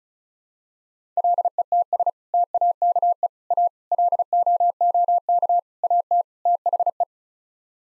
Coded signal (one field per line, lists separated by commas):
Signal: Morse code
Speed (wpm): 34 wpm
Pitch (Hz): 700 Hz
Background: none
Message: LETS TAKE A LOOK AT THE